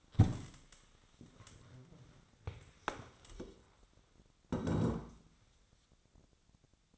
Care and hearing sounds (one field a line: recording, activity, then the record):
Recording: daily activity, microphone in the room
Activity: stand up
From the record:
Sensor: 3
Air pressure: 1000.5 hPa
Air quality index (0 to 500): 169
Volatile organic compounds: 3 ppm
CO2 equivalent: 1472 ppm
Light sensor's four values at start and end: 15/33/14/15 and 14/33/14/15